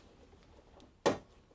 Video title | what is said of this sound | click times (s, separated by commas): [COMMENT REMPLACER UN EMBRAYAGE SUR TWINGO 1] part 2 | là ça a fait le petit clic | 1.1 s